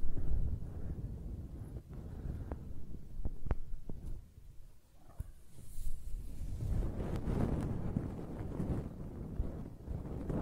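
Close-up hair sounds: a low, rough rustling of scratching and stroking that swells and fades, quietest around the fourth and fifth seconds. Sharp little clicks and snaps cut through now and then, most often in the first half, before denser brushing returns near the end.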